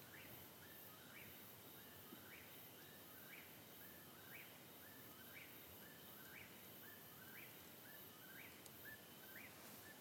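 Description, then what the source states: Eastern Whip-poor-will repeating its whistled phrase about once per second, a short note then a quick upward-sweeping ending, steady and persistent over broad hissing background noise. Song sounds like the bird saying its name, heard in the background during evening twilight.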